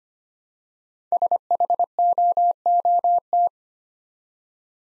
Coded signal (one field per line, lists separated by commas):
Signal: Morse code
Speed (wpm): 25 wpm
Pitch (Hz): 700 Hz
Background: none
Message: SHOOT